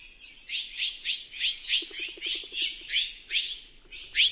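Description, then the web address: Mexican jay giving harsh calls in a rapid series, with a brief low buzzy rattle in the middle. "Songs of Birds of North America Know Your Bird Sounds Common Western Species. Mexican Jay"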